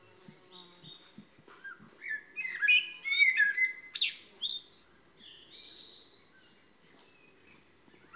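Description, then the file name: Eurasian blackbird song of fluted, slurred whistles and squeaky high notes over several seconds, with soft clicks and steady low background noise. "Turdus merula"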